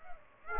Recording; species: mosquito wingbeat signal from an infrared sensor; Aedes aegypti